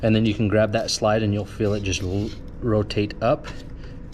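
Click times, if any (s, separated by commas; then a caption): none. An unlock cable connector is placed onto the transmission control module connector of a 2020-2023 L5P Duramax during an EvoHT2 installation. Someone talks while handling the connector's locking slide, which is about to be rotated up. Nothing has seated or clicked into place yet.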